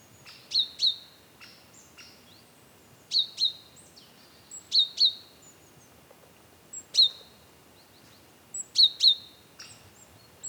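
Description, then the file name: Great tit calling with sharp, high paired notes, repeated every couple of seconds, with fainter bird notes in between. "Parus major"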